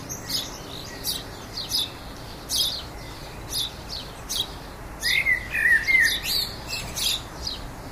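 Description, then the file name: Common blackbird delivering a fluty warble near the end, after several seconds of sharp, high-pitched chirps and ticks. "Turdus merula"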